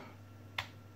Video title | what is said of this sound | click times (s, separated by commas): How to Remove HP Elite Book 8470p back panel and clean Fan | then lock it cannot come out | 0.6 s